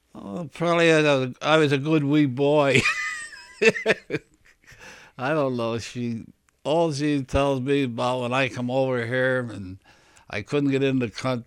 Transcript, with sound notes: Oh, probably that I was a good, wee boy. (he laughs) I don't know. She, all she tells me about when I come over here and I couldn't get in the country.